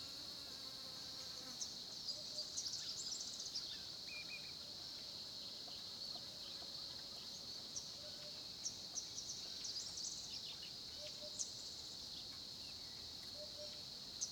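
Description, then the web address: Crickets, a steady high continuous trilling chorus without pause, with faint scattered bird chirps and soft low calls now and then in the background. Crickets recorded at 10:30 am by a small pond at Olifants, Kruger, South Africa. "Sonniss - GDC 2018-Game Audio Bundle Tonschliff - SOUTH AFRICAN CRICKETS BG South Africa Kruger Olifants 1030 am small pond"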